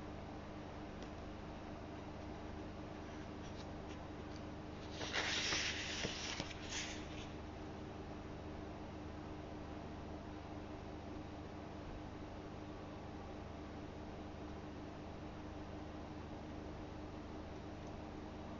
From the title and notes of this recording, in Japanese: 本の「はじめに」ないしそれに当たる部分だけを読み、印象に残った一節を書き写しているときの音です。本の「はじめに」だけを読み、印象に残った一節を書き写す。